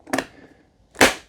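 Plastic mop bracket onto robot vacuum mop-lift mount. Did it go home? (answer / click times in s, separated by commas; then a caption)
yes / 1.0 s. A removable plastic mop bracket is pressed back onto its pin and gear mount on the underside of an ECOVACS DEEBOT X2 Omni robot vacuum and mop, the mop-lift mount. Two small taps come at about 0.1 and 0.2 seconds, then a sharp, loud snap at 1.0 seconds as the bracket seats and is installed.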